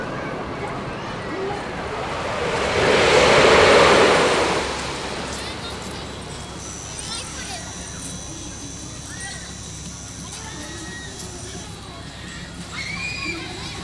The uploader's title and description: An amusement park where you can have fun all day long. Crowds in the Park